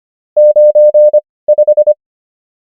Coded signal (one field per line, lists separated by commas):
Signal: Morse code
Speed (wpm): 25 wpm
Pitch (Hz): 600 Hz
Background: none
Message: 95